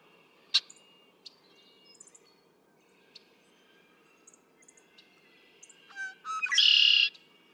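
Red-winged blackbird song: one loud buzzy trill near the end after short introductory notes, with scattered short chirps earlier.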